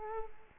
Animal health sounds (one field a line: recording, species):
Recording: mosquito wingbeat signal from an infrared sensor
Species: Culex quinquefasciatus